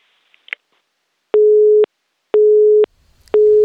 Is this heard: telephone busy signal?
yes